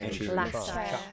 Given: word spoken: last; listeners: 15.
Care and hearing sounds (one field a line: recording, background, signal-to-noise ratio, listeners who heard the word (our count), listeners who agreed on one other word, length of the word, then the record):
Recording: one English word in noise, from a listening test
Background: four-talker babble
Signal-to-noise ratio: -1.5 dB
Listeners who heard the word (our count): 1 of 15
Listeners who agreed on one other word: 9 of 15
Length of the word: 0.72 s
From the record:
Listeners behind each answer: 9, 1, 1, 1, 1, 1, 1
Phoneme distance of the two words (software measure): 24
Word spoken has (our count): 1 syllable, 4 phonemes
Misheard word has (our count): 1 syllable, 4 phonemes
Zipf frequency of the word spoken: 5.97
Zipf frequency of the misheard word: 4.92